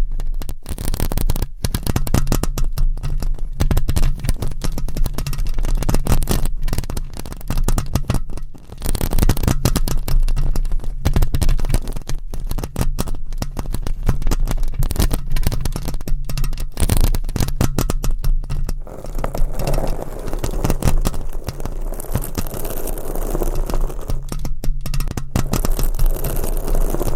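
Close, dense scratching and rubbing against a microphone runs without pause, full of rapid crackly strokes and sharp clicks across the whole clip. A steady low hum sits underneath, and after about twenty seconds the scratching softens slightly and turns rougher and more muffled.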